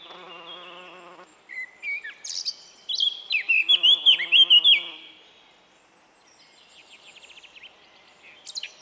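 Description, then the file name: Eurasian blackcap song, a busy chattering warble ending in rich fluty whistled notes, preceded by a low buzzing harmonic sound and followed by faint twittering. "Sylvia atricapilla"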